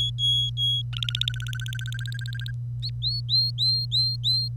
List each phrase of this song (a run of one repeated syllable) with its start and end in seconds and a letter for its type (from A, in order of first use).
0.00-0.82 A, 0.93-2.51 B, 3.02-4.48 C